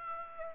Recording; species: mosquito wingbeat signal from an infrared sensor; Aedes aegypti